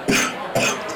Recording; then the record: coughing mixed with background sound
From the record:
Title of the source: Spring Cold Coughing 3